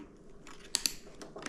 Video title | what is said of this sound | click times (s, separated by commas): Magnetic camera helmet mount for GoPro similar to DJI Osmo. | there you go snaps right in place | 0.8 s, 0.9 s